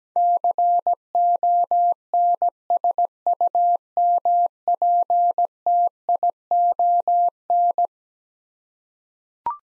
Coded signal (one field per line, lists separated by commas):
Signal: Morse code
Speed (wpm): 17 wpm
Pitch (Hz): 700 Hz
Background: none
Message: CONSUMPTION